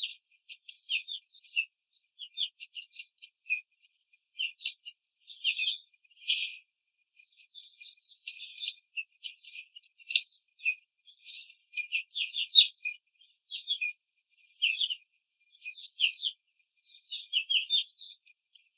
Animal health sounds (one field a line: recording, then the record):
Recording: young laying hens in a cage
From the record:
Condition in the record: control cage, before the stress test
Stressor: none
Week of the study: 4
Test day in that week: 1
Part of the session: 4